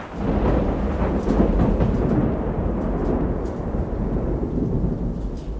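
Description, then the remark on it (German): A thunderstorm breaks out with full force over the harbour of Bastia, with deep, continuous rolling thunder rumbling steadily, mixed with the hiss of heavy rain. The low roar stays loud and sustained throughout, with no voices. “Das Unwetter brach los mit aller Macht, als wir buchstäblich in letzter Sekunde den Hafen von Bastia erreichten.”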